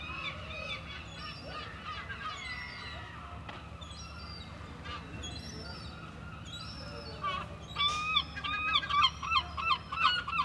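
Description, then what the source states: Gulls calling faintly and irregularly at first, then one bird bursts into a loud, fast series of ringing yelps near the end, over constant background rush. Seagulls at Mers-les-Bains seafront, France, with waves in the distance; recorded with DPA 4060 AB pair into Zoom F3.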